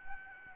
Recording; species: mosquito wingbeat signal from an infrared sensor; Aedes albopictus